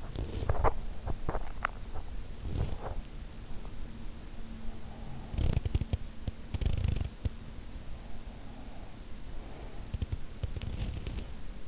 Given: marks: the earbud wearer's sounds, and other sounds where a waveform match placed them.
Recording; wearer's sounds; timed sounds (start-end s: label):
sounds in sleep by an in-ear microphone; teeth grinding
0.00-3.20 s: teeth grinding
5.04-7.52 s: teeth grinding
9.53-11.68 s: teeth grinding